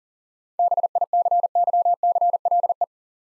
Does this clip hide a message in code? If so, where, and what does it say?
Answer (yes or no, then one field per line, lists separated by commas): yes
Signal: Morse code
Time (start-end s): 0.6-2.8 s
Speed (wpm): 42 wpm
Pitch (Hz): 700 Hz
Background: none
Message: BICYCLE